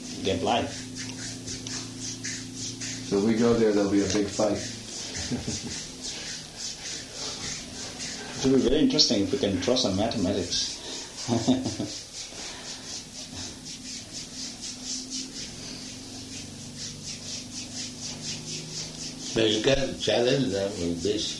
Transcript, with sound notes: get life."
So if we go there, there will be a big fight. [laughs]
It will be very interesting if we can throw some mathematics. [laughs]
No, you can challenge them with this,